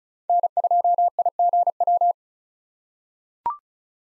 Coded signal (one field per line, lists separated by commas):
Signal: Morse code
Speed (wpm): 36 wpm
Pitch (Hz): 700 Hz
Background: none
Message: N2IGW